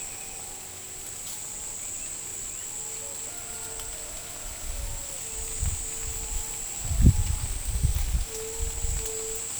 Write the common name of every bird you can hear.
none